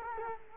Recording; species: mosquito wingbeat signal from an infrared sensor; Culex quinquefasciatus